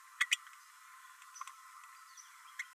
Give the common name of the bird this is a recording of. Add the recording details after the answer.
Green-rumped Parrotlet. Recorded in a nest box in Venezuela. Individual 18B12A3